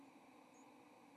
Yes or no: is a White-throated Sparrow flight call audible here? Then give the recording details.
no. Another species' flight call is heard. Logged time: 08:07 on 30 October 2014